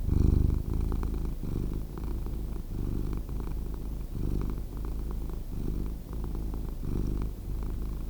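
Cat purring in a deep, even rumble, rising and falling in breath-long waves; otherwise quiet.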